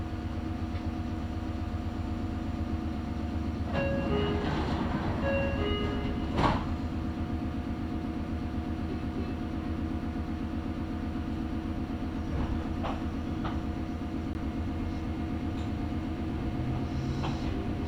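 A local train hums and rumbles steadily along the line, with brief squeals around four to six seconds and a sharp clunk near six seconds.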